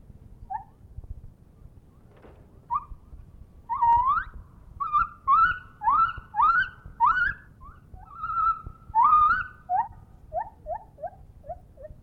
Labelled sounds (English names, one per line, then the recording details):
Lar Gibbon
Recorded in captivity
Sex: male
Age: adult
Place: Zoo Rostock, Mecklenburg-Vorpommern, DE
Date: 1965-09-01 10:50
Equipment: Uher 4200 Report Stereo, Transistorverstärker II, Sennheiser MD 421
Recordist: Tembrock, Günter
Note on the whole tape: Männchen (einzeln gehalten): Rufe und Rufreihen beim Umherhangeln. Dieses ist begleitet von Handausschütteln oder Rütteln an Zweigen. Gute Aufnahme